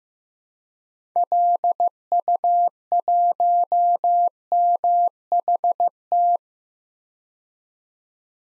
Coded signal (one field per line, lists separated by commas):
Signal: Morse code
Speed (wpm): 16 wpm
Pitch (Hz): 700 Hz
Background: none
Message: LU1MHT